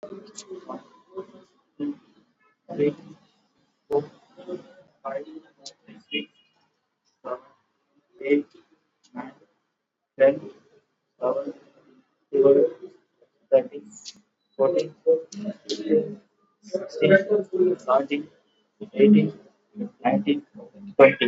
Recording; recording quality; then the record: counting at a normal pace; moderate, slight background noise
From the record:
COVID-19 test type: RT-PCR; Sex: male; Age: 33 years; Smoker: no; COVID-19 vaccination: both doses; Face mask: worn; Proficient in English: yes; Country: India